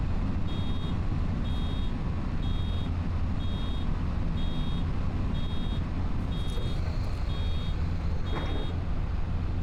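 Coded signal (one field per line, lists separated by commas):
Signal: none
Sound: vehicle reversing beeps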